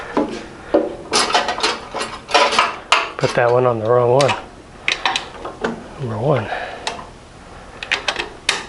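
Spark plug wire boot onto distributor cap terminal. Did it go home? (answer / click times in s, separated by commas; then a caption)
yes / 8.5 s. Someone talks while a spark plug wire boot is pushed onto a distributor cap terminal, part of fitting a new Magnaspark 2 distributor and plug leads to an air-cooled VW engine, with several sharp handling knocks along the way. A crisp click at 8.5 s marks the boot seating onto the cap terminal.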